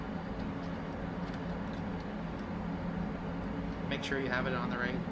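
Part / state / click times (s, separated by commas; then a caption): extensometer cable connector into testing machine socket / not seated / none. An extensometer cable connector is handled and lined up on the socket ring of a testing machine socket before being pushed home, while someone talks over a steady low hum. The connector has not seated or clicked yet.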